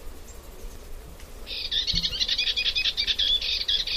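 Bird giving a dense, harsh chattering series from about one and a half seconds on, rapid scratchy notes repeated continuously over a steady low background rumble.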